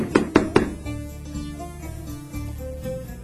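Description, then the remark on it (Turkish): Three quick, firm knocks on a wooden door in a fast, even rhythm, someone knocking for Hacivat to open the door in a Karagöz shadow-play riddle, followed by a low, steady background hum with no voices. “Hacı Vat yahu! Aç şu kapıyı!”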